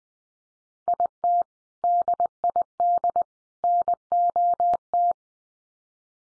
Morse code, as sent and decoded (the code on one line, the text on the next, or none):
.. - / -.. .. -.. / -. --- -
IT DID NOT